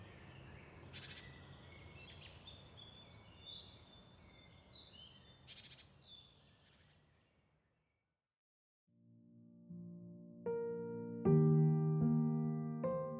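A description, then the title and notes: Morning birds chirp in quick bright bursts over low rumbling noise for eight seconds, then silence, followed by sustained droning organ-like chords. Morning Birdies.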